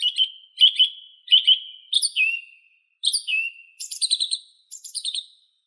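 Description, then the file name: Song thrush song of short repeated phrases: a rich note given three times, a falling whistle twice, then high buzzy notes repeated. "Neizvesten - Drozd pevchij Turdus philomelos (Zvyki com)"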